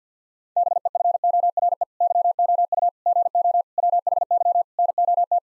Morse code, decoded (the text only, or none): BEFORE YOU GO WHY NOT